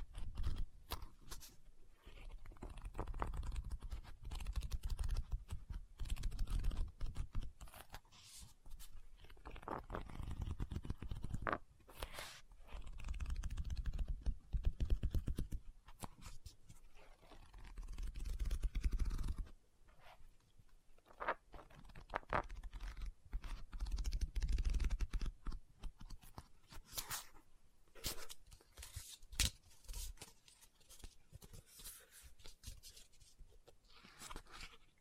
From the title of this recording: Book Tapping, Scratching, Page Turning